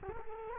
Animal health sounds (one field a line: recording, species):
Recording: mosquito wingbeat signal from an infrared sensor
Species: Culex quinquefasciatus